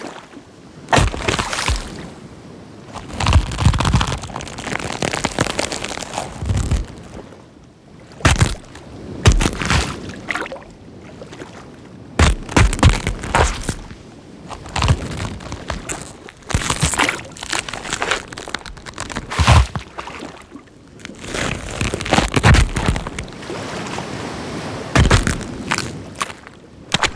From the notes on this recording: organic and squishy textures, water splashes and bubbles, underwater sounds and beach ambiences